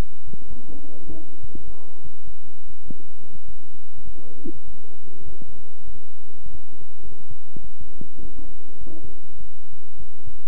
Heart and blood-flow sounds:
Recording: heart sounds by stethoscope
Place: between the tricuspid and mitral areas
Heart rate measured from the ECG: 101 bpm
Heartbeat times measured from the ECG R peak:
0.48 s: heartbeat
1.07 s: heartbeat
1.65 s: heartbeat
2.25 s: heartbeat
2.86 s: heartbeat
3.46 s: heartbeat
4.05 s: heartbeat
4.65 s: heartbeat
5.26 s: heartbeat
5.85 s: heartbeat
6.43 s: heartbeat
7.03 s: heartbeat
7.62 s: heartbeat
8.21 s: heartbeat
8.79 s: heartbeat
9.38 s: heartbeat
9.97 s: heartbeat
From the record:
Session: bicycle stress test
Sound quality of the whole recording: good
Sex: male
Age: 23 years

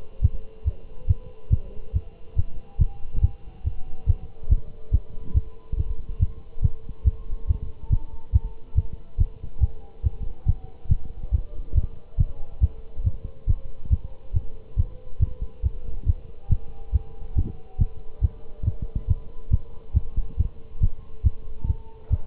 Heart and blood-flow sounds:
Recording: heart sounds by stethoscope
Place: between the tricuspid and mitral areas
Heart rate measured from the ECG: 140 bpm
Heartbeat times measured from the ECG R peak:
0.24 s: heartbeat
0.66 s: heartbeat
1.09 s: heartbeat
1.52 s: heartbeat
1.95 s: heartbeat
2.38 s: heartbeat
2.80 s: heartbeat
3.23 s: heartbeat
3.66 s: heartbeat
4.08 s: heartbeat
4.51 s: heartbeat
4.93 s: heartbeat
5.36 s: heartbeat
5.78 s: heartbeat
6.21 s: heartbeat
6.63 s: heartbeat
7.06 s: heartbeat
7.49 s: heartbeat
7.91 s: heartbeat
8.34 s: heartbeat
8.77 s: heartbeat
9.19 s: heartbeat
9.62 s: heartbeat
10.05 s: heartbeat
10.47 s: heartbeat
10.90 s: heartbeat
11.33 s: heartbeat
11.76 s: heartbeat
12.19 s: heartbeat
12.62 s: heartbeat
13.06 s: heartbeat
13.48 s: heartbeat
13.92 s: heartbeat
14.35 s: heartbeat
14.78 s: heartbeat
15.21 s: heartbeat
15.65 s: heartbeat
16.08 s: heartbeat
16.51 s: heartbeat
16.94 s: heartbeat
17.37 s: heartbeat
17.80 s: heartbeat
18.23 s: heartbeat
18.66 s: heartbeat
19.09 s: heartbeat
19.52 s: heartbeat
19.95 s: heartbeat
20.39 s: heartbeat
20.82 s: heartbeat
21.25 s: heartbeat
21.68 s: heartbeat
22.12 s: heartbeat
From the record:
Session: Bruce protocol treadmill stress test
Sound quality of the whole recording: good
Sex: male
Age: 25 years

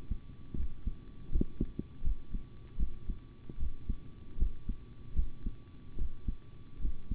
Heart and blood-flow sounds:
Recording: heart sounds by stethoscope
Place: between the tricuspid and mitral areas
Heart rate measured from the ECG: 77 bpm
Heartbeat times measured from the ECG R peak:
0.55 s: heartbeat
1.30 s: heartbeat
2.02 s: heartbeat
2.77 s: heartbeat
3.58 s: heartbeat
4.37 s: heartbeat
5.14 s: heartbeat
5.96 s: heartbeat
6.79 s: heartbeat
From the record:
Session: rest, sitting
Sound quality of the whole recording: good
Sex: male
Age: 25 years

